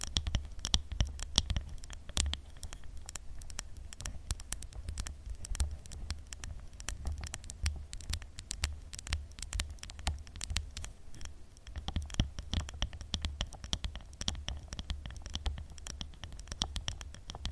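Fast, irregular tapping fills the whole stretch, a dense patter of sharp, bright clicks that never settles into a steady rhythm. Under the taps sits a constant low hum, and some soft scratchy rustling shows up between them.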